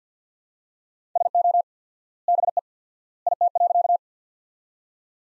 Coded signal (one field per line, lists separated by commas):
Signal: Morse code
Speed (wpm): 50 wpm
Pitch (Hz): 700 Hz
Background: none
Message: SO BE IT.